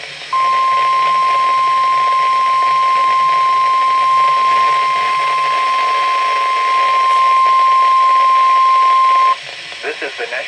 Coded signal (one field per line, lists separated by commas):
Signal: Emergency Alert System (SAME) tones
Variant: 1050 Hz attention tone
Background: speech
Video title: EAS: WXL52 Weekly Test (2/3/21)(EAS #573)